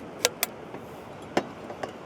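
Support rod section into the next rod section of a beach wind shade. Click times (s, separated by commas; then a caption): 0.2 s, 0.4 s, 1.4 s, 1.8 s. Sections of a Loninak beach wind shade's vertical support rod are snapped into one another, each rod section locking into the next up to the top piece. Sharp clicks come at 0.3 s and 0.4 s, then a fuller snap at 1.4 s and a lighter click at 1.8 s, over a steady low background. All sections are seated.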